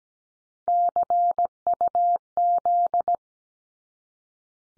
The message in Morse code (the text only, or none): CUZ